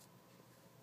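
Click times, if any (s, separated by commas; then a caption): none. A new Tampax Compact plastic tampon applicator is handled as its inner tube is pulled out toward its extended, locked position, a lock meant to be so quiet it is barely audible, unlike another brand. Only a steady, faint broadband hiss and light handling noise are heard, with no distinct sharp sound. Nothing has seated or clicked yet.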